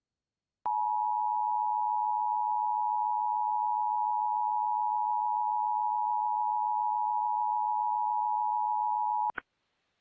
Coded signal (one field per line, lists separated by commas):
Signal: Emergency Alert System (SAME) tones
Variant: 853 and 960 Hz attention tone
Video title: EAS Test #4 on WHMB 40 - 1/19/2023